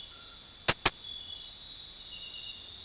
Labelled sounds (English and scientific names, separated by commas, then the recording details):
none
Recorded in secondary vegetation near Puerto Asís, Putumayo, Colombia, on 4 March 2025 at 01:00
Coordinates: 0.499, -76.323
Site G094